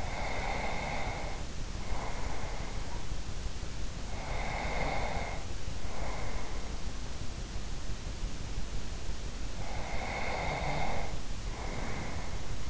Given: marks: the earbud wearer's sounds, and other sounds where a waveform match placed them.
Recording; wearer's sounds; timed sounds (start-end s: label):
sounds in sleep by an in-ear microphone; breath
0.00-3.61 s: breath
4.07-7.14 s: breath
9.46-12.69 s: breath